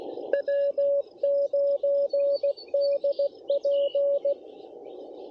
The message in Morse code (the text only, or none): W9DP